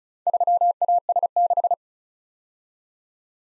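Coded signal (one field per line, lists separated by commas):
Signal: Morse code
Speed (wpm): 36 wpm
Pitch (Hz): 700 Hz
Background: none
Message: 3AS6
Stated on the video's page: Morse practice drill of random four-character letter-number groups at 35 wpm, each sent, spoken, then resent for head-copy.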